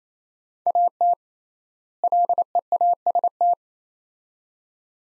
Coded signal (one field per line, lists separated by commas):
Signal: Morse code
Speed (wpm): 28 wpm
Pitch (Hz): 700 Hz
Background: none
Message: AT LEAST